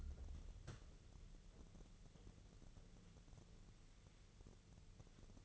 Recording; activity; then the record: daily activity, microphone in the room; wipe stove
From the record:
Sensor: 4